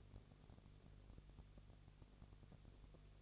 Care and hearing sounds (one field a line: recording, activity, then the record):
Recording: daily activity, microphone in the room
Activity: no activity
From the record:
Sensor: 4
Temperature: 22.3 degrees Celsius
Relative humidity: 32.8%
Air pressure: 1002.0 hPa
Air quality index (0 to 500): 185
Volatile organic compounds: 4 ppm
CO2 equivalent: 1631 ppm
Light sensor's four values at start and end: 2/3/1/1 and 2/3/1/1